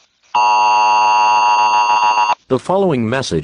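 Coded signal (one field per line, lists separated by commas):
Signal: Emergency Alert System (SAME) tones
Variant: 853 and 960 Hz attention tone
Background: speech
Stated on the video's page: Parody EAS scenario, not a real alert.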